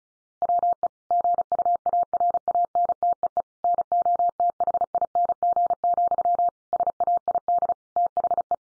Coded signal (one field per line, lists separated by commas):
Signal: Morse code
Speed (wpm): 34 wpm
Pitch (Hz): 700 Hz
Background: none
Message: WE GUARANTEE NOTHING, SAID THE